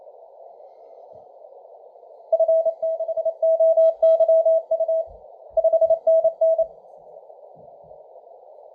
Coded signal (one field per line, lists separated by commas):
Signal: Morse code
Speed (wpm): 30 wpm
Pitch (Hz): 650 Hz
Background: none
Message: F6OYU 5NN